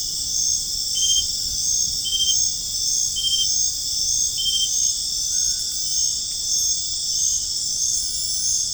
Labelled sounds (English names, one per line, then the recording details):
none
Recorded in dense forest near Puerto Asís, Putumayo, Colombia, on 23 June 2025 at 21:00
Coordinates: 0.481, -76.323
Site G072